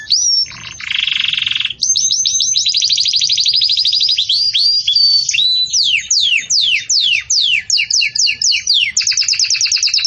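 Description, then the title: Belgian canary song, loud and continuous: a buzzy burst, then long fast trills and rapid downward-sweeping notes in varied series. Belgian canary song in the campainha (bell) style, used for training young chicks to sing. "Canto Do Canário Belga Campainha Para Encarte De Filhotes"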